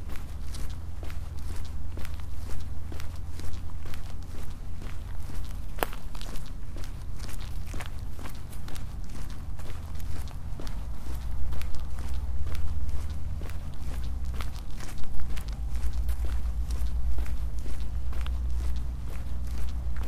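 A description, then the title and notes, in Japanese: Footsteps of someone walking, a steady stream of short crunchy steps that keep an even pace across the whole stretch. A low constant rumble runs underneath, and a faint thin tone drifts in briefly near the middle. 歩いている音。Walking.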